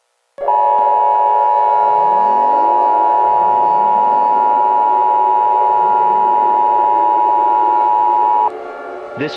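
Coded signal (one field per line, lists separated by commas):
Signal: Emergency Alert System (SAME) tones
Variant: 853 and 960 Hz attention tone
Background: speech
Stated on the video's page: Fictional mock alert scenario.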